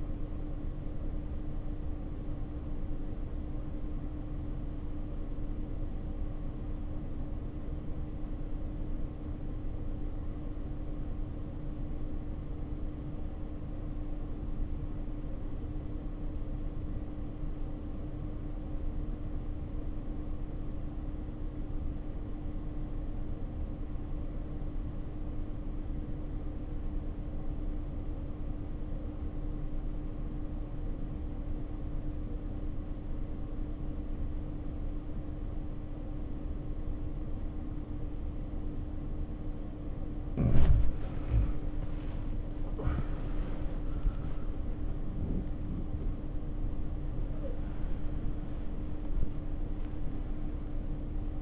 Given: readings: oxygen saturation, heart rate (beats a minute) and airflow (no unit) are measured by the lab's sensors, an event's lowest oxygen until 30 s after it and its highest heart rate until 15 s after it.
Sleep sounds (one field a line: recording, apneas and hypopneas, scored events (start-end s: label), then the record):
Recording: breathing in sleep by a smartphone at the bedside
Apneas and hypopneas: 1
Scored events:
11.00-42.40 s: hypopnea (REM, oxygen 94% highest, then 73% lowest, heart rate 58 at the start, 87 highest)
42.00-51.42 s: new sleep stage, awake
49.00-51.42 s: awake
From the record:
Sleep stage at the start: REM sleep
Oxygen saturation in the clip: 71 to 94%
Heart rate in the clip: 50 to 87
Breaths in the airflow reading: 15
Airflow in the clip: -1.4 to 2.4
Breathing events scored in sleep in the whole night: 520 in 7.2 hours asleep